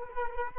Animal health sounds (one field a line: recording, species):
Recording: mosquito wingbeat signal from an infrared sensor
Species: Culex quinquefasciatus